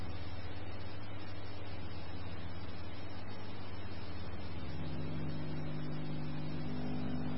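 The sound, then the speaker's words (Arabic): A large truck speeds toward a forces building holding more than 500 Russian soldiers, its heavy engine giving a steady, deep rumbling roar with a droning hum that holds throughout. The engine pitch shifts slightly partway through. “شاحنة كبيرة مسرعة تتجه نحو مبنى قوات الأمون حيث يوجد فيه أكثر من 500 جندي روسي.”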